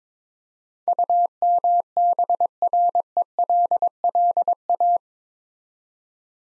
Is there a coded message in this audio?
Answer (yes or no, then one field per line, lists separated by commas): yes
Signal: Morse code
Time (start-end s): 0.9-5.0 s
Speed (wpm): 22 wpm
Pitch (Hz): 700 Hz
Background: none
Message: UMBRELLA